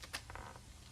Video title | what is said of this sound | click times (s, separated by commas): Garden With Me - GreenStalk Garden Vertical Planter | Oh, that snapped into place actually. | 0.2 s, 0.3 s